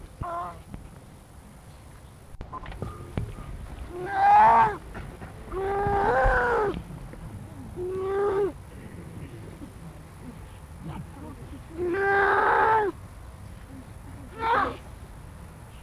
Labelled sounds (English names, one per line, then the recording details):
Grey Seal call
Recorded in captivity
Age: juvenile
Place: Zoo Rostock, Mecklenburg-Vorpommern, DE
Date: 1962-05-06 10:00
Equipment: Minifon, Kopie Smaragd
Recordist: Tembrock, Günter